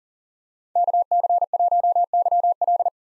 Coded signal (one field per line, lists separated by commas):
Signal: Morse code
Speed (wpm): 40 wpm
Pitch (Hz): 700 Hz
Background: none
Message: KC1YL